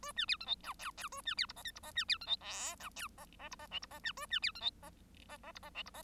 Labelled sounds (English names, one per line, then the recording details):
Bengalese Finch song
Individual Bird1